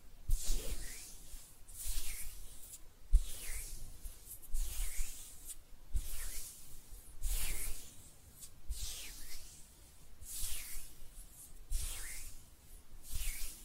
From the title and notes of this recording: ASMR Relaxing Hand Sounds (No Talking).